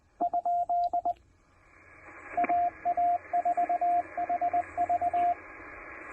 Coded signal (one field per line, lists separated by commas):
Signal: Morse code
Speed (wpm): 20 wpm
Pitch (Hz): 700 Hz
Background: radio noise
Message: ? AA4HV